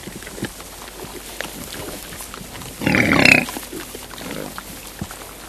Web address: wild boar